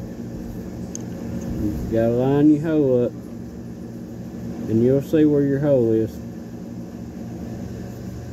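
Someone talks over a steady low hum while setting the slide assembly of an SCCY CPX-2 9mm pistol back on the frame and lining up the holes so the takedown pin can be dropped in. A brief faint tick is heard near 1.0 s. Nothing has seated or clicked yet; the pin is pushed home afterwards.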